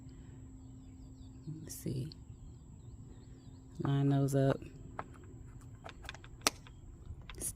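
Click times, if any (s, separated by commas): 6.5 s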